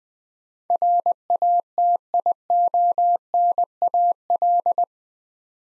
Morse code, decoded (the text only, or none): RATIONAL